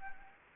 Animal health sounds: mosquito wingbeat signal from an infrared sensor; Anopheles gambiae

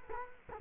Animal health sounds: mosquito wingbeat signal from an infrared sensor; Culex quinquefasciatus

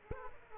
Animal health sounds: mosquito wingbeat signal from an infrared sensor; Aedes aegypti

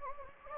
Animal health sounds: mosquito wingbeat signal from an infrared sensor; Anopheles gambiae

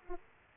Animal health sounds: mosquito wingbeat signal from an infrared sensor; Aedes aegypti

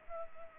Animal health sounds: mosquito wingbeat signal from an infrared sensor; Culex pipiens

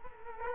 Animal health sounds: mosquito wingbeat signal from an infrared sensor; Culex quinquefasciatus

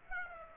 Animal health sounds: mosquito wingbeat signal from an infrared sensor; Aedes aegypti

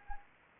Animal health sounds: mosquito wingbeat signal from an infrared sensor; Anopheles arabiensis

